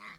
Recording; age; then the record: pig call; piglet (1 to 25 days)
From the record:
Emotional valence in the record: positive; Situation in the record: reunion after long isolation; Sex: male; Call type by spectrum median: low-frequency call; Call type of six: low-frequency tonal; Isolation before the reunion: 8 minutes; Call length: 0.19 s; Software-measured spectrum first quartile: 1045 Hz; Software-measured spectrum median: 1750 Hz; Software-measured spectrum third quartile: 2252 Hz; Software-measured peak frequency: 2071 Hz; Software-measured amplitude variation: 103 dB a second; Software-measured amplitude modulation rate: 18.8 a second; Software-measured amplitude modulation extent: 5.5 dB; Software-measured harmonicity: 2.0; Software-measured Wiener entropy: -0.97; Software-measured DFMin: 1007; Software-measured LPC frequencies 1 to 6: 1149, 2053, 3941, 4769, 6746, 8318 Hz